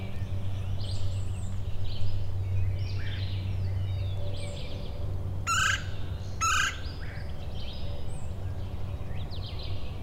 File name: Red-bellied Woodpecker - Melanerpes carolinus